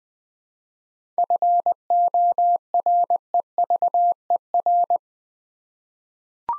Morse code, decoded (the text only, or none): FOREVER